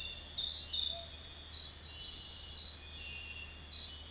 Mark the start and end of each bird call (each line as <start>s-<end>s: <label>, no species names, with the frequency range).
0.89s-1.11s: bird call (0.1-0.8 kHz)